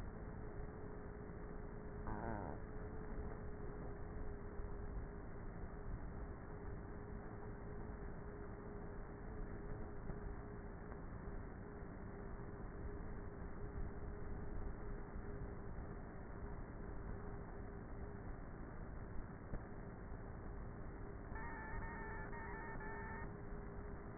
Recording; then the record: honeybee colony, microphone inside the hive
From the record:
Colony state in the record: queenless with a low population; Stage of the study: before two queens were removed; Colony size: about 30,000 bees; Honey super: no